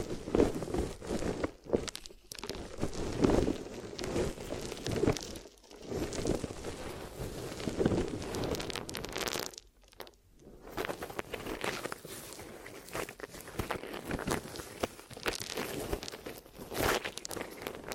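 Glue ear massage and cleaning, heard as dense, continuous rubbing and crinkly rustling that shifts constantly in texture. Short silent gaps break it up near two, five and a half, and ten seconds. Small crackles and scratchy bursts recur throughout at an uneven pace.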